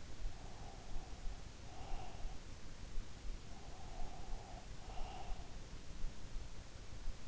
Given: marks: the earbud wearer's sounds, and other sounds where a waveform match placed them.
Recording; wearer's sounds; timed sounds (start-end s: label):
sounds in sleep by an in-ear microphone; breath
0.45-2.38 s: breath
3.70-5.86 s: breath